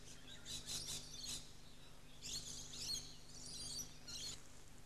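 Swift parrot chirping calls in several bursts of quick, high, metallic twitters, with quieter gaps between and a constant low hum underneath.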